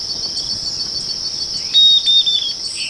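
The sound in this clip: Bird call, a short phrase of high, steady whistled notes near the end, over a persistent shrill insect trill.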